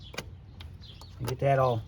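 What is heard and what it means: Wiring harness plugs are pushed back onto engine components, including the power steering pump connector, on a Ford Duratec engine during PCV valve replacement. Two sharp clicks are heard at 0.2 s and 0.6 s as the plugs seat, followed by someone talking.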